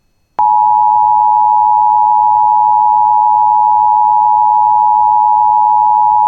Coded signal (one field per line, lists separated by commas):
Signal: Emergency Alert System (SAME) tones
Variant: 853 and 960 Hz attention tone